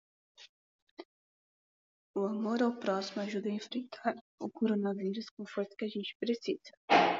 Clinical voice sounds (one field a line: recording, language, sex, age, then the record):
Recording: spoken sentence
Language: Brazilian Portuguese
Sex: female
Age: 20 to 29 years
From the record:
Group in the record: control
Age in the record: 21 years